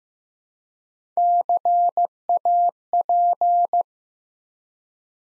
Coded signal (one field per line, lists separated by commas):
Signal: Morse code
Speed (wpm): 15 wpm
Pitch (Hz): 700 Hz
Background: none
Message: CAP